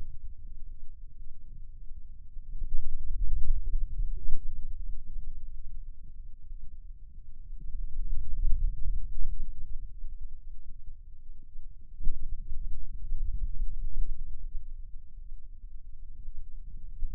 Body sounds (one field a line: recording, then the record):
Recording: forearm muscle sounds (acoustic myography)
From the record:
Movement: finger pinch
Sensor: system 2, bracelet of six BSWA MPA416 microphones around the upper forearm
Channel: 1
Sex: male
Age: 22 years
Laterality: right